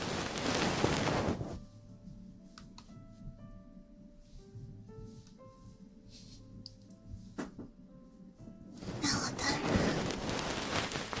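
Ear cleaning and massage sounds: a loud, dense rubbing rush fills the first second and a half, then returns from about nine seconds to the end. Between them it goes quieter, with soft scratches, a few sharp taps and a faint steady tone underneath.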